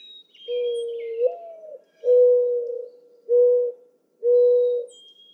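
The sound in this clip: Mourning dove giving its mournful coo, a note lifting into an upslurred hoot followed by three even, hollow low coos spaced about a second apart; light bird chirps.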